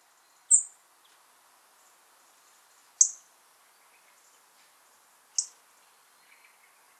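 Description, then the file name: European robin calls: three high, thin tseep notes roughly two and a half seconds apart over a soft, steady hiss, with a few faint lower chirps in between. "Erithacus rubecula"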